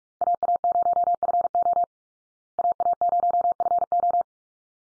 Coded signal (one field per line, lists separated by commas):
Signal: Morse code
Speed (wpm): 46 wpm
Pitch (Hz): 700 Hz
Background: none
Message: AA0FO AA0FO